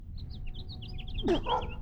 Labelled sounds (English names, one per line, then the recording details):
House Finch song
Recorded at Valley Stream on Long Island, New York, on 17 June 1975
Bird AB